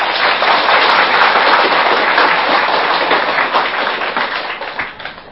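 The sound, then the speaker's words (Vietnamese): Sustained applause from Buddhist lay followers at Hoa Nghiem Temple in Paris, welcoming a visiting monk lecturer: a dense wash of many hands clapping at steady loudness for several seconds, thinning slightly toward the end. No one speaks over it. “Xin quý Phật tử cho một tràng tháo tay.”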